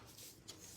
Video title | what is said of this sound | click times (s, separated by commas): Easy and Inexpensive Ways to Frame Your Canvases | and it just snaps right in and usually they fit tight enough that they won't whoops | 0.5 s